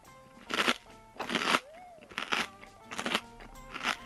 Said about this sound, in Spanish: Cuando los dos le dieron una mordida a una galleta, brillaron los ojos de Lulú y gritó, ¡me encantan!